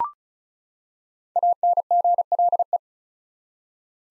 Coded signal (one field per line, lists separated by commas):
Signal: Morse code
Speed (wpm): 34 wpm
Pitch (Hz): 700 Hz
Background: none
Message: ANGLE